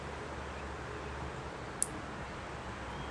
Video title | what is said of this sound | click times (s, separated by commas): How to - 240sx - KA SOHC TO DOHC SWAP WIRING - PART 1 - KA24DE KA24E S13 S14 1080 HD | I don't know if you can hear that clicking but that's my uh that's my pick tool popping off the hook there | none